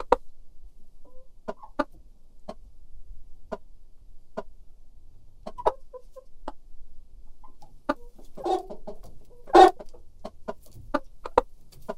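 Chickens clucking, scattered short clucks and sharp clicks with a louder squawk near the end.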